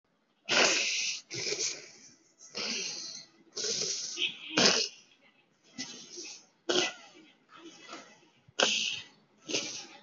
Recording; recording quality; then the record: deep breathing; excellent, no background noise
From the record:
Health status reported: exposed to COVID-19, no respiratory illness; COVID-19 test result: negative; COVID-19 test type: RT-PCR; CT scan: not taken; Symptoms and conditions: cold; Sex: female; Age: 27 years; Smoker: no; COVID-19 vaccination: both doses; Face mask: worn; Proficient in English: yes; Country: India